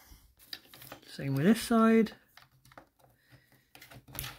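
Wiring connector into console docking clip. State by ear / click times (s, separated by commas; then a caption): seated / 4.2 s. On a Land Rover Discovery 4 centre console, a wiring connector is pushed into its plastic docking clip. Someone talks, followed by small handling taps, and the connector clicks in at 4.2 s, seated.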